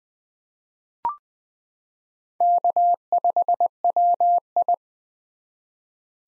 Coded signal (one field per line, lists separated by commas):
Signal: Morse code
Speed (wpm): 21 wpm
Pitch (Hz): 700 Hz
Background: none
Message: K5WI